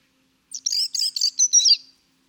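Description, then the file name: European robin singing one short phrase of high, sparkling, jumbled notes. The phrase lasts about a second and a half and fades out at the end. "Erithacus rubecula"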